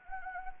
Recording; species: mosquito wingbeat signal from an infrared sensor; Anopheles gambiae